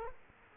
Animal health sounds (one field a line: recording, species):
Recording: mosquito wingbeat signal from an infrared sensor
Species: Culex quinquefasciatus